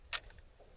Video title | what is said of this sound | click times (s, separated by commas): M1 Garand Review | I'm going to push them in till they click there's the | 0.1 s